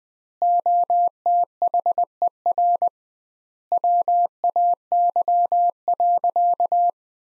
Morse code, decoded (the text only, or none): OTHER WAY.